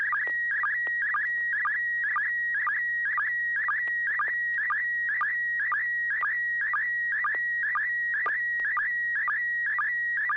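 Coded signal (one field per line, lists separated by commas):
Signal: SSTV (slow-scan television)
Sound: steady high whistle broken by quick warbling dips and low chirps about twice a second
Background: low background hum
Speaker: ai6 DG are you ready to go was there to was there a tone yeah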